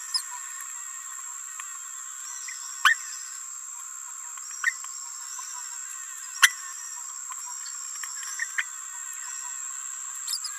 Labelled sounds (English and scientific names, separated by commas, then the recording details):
Green-rumped Parrotlet (Forpus passerinus) babbling
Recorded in a nest box in Venezuela
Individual 18B17A4